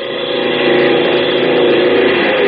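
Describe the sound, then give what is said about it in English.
A propeller plane engine, plane number 4 taking off for tactical maneuvers, drones loudly and steadily as it takes off, a thick, even roar that swells slightly in volume and holds constant throughout, with no voices. “Plane number 4, taking off for tactical maneuvers.”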